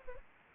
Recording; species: mosquito wingbeat signal from an infrared sensor; Anopheles arabiensis